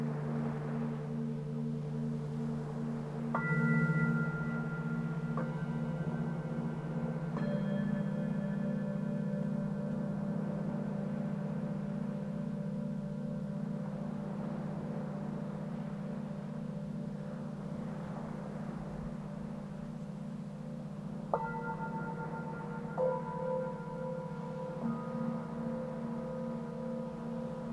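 Singing bowls ring with long, steady tones and slow wavering beats, new strikes near three, seven and twenty-one seconds, over a soft hiss.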